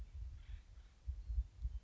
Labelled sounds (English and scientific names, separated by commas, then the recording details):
Acorn Woodpecker (Melanerpes formicivorus)
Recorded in Sonoma County, California